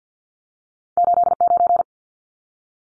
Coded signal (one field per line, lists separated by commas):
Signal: Morse code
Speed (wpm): 50 wpm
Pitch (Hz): 700 Hz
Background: none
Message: 89